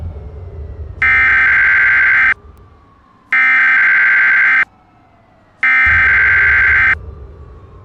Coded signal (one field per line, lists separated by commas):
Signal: Emergency Alert System (SAME) tones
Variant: header bursts